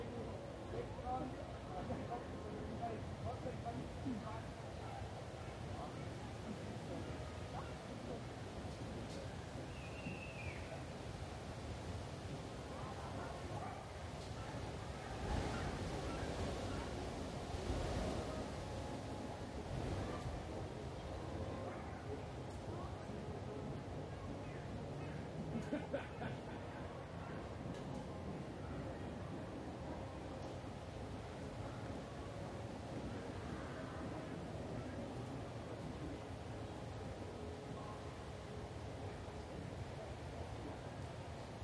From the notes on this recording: the bustling scenery of Munich's famous Englischer Garten